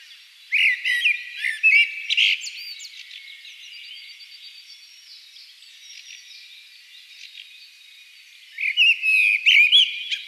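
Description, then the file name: Common blackbird song phrases, each a short run of low fluted notes breaking into high scratchy twitters, with a long quiet stretch between the two bursts. "Turdus merula"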